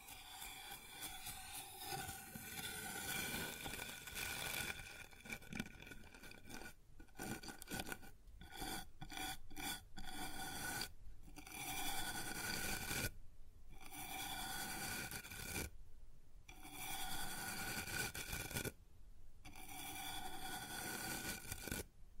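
Scraping and rubbing on a wooden surface, a dense rasping texture with a persistent whining ring through it. Strokes run in bursts broken by sharp silent gaps, several quick cuts around seconds seven to ten, then longer pauses near eleven, thirteen, sixteen and nineteen.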